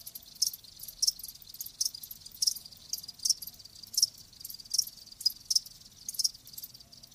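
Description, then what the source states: Cricket giving a series of high, sharp chirps. Live crickets chirping.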